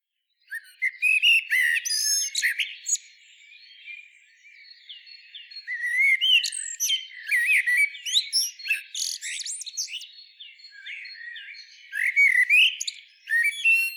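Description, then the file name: Common blackbird song, fluty notes mixed with busy high-pitched chirps and squeaks, in several bursts. "Turdus merula"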